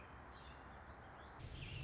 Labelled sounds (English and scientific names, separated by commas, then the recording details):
American Robin (Turdus migratorius)
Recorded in Sonoma County, California